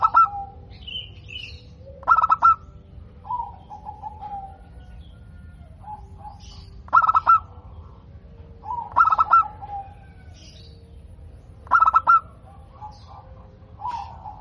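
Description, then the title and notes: Zebra dove song: repeated loud stuttering bursts of clipped notes alternating with soft trilled coos. Local perkutut (zebra dove), singing vigorously (gacor), with a clear, crystal-like, loud voice. "PERKUTUT LOKAL GACOR Suara KRISTAL LANTANG. Kicau Burung Perkutut"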